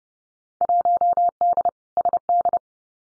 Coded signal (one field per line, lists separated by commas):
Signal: Morse code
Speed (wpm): 30 wpm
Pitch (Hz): 700 Hz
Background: none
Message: 1D SD